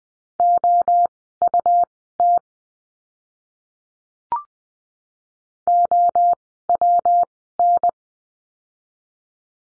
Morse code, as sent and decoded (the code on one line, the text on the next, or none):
--- ..- - / --- .-- -.
OUT OWN